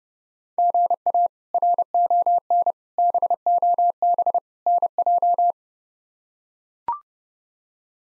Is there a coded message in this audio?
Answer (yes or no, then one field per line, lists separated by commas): yes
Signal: Morse code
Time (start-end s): 0.6-5.5 s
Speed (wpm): 30 wpm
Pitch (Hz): 700 Hz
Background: none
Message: GA RON BOB NJ